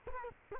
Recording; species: mosquito wingbeat signal from an infrared sensor; Culex quinquefasciatus